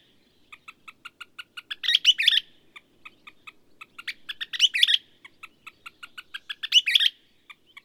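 Bird song: soft, evenly spaced ticking notes build into a loud, buzzy, warbled burst, repeated three times about every two and a half seconds.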